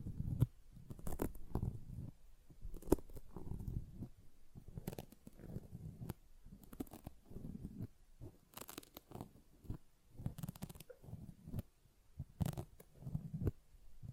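A sponge is squished and scratched in an irregular run of short, soft bursts, mostly low and muffled, with a few crisp, bright scratchy strokes mixed in. The bursts come every half second or so, with brief quiet gaps between them.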